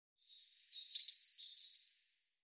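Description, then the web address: Bird song: a thin high introductory note, then a sharp burst leading into a rapid, even trill of high notes that fades out, on a silent background. "cianscape birddata Deverinetal 2025 File cleaned normalized Bird Cy Ca"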